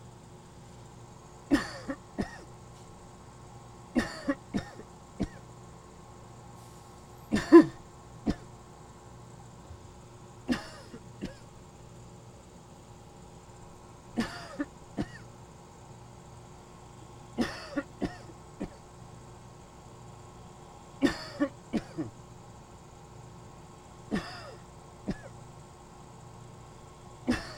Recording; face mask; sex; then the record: voluntary coughing; surgical mask; male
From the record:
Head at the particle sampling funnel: tilted up or above it, chin in front of it